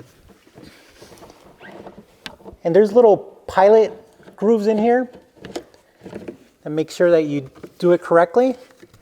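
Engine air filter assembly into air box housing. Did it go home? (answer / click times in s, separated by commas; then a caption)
no / none. Someone talks while handling a BMC air filter assembly on a Porsche Cayman 981 GT4, lining it up with the pilot grooves to go into the engine air box housing, with brief light knocks from the handling. Nothing has seated or clicked yet; the clip ends before the assembly snaps home.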